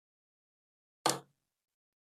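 A second RAM stick is pressed into its motherboard DIMM slot until the latch locks, seating fully. After silence, a single sharp click lands at 1.1 s with a brief broadband snap that decays within about a quarter second, then silence returns.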